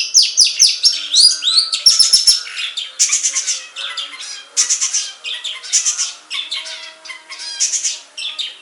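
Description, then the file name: Long-tailed shrike sings a fast medley of slurred whistles and chips, then shifts to coarse, buzzy bursts repeated roughly once a second. Banyuwangi and Madura song types. "Suara Cendet Banyuwangi dan Madura"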